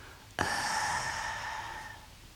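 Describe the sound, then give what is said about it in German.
A man in a living room, full and tired after drinking tea through a sugar cube held in his mouth, exhales steam in a sudden, long breathy exhale with a strained, groaning tone. It starts sharply and slowly fades over about two seconds. No one speaks. “Er atmet Dampf aus und stöhnt.”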